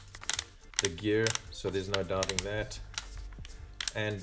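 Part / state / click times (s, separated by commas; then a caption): mode selector ring on a cordless hammer drill / not seated / none. Someone handles the plastic mode selector ring on a Stanley Li-ion 18V cordless hammer drill, turning it toward the hammer-drill setting while talking, with a few brief sharp ticks of handling between the words. The ring has not locked into place yet; nothing has seated or clicked by the end.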